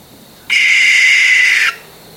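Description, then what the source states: Barn owl uttering a single rasping, breathy screech lasting just over a second, steady in pitch, with quiet before and after. Male barn owl.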